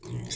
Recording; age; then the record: pig call; weaner (32 to 43 days)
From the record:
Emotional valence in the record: negative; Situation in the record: long isolation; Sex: female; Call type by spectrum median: low-frequency call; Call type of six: mixed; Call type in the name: high-frequency modulated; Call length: 0.35 s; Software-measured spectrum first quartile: 167 Hz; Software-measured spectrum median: 1767 Hz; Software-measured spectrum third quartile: 5908 Hz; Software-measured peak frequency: 124 Hz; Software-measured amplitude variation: 146 dB a second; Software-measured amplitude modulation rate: 22.5 a second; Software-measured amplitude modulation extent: 6.5 dB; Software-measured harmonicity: 10.3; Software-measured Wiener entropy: -4.00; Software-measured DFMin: 1097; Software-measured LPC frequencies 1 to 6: 2069, 3479, 3935, 4973, 5534, 6334 Hz